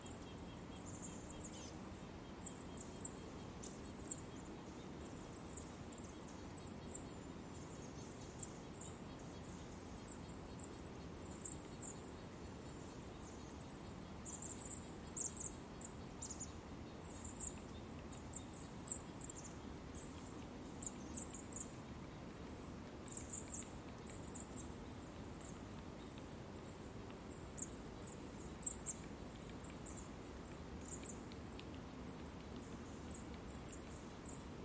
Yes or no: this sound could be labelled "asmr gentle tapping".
no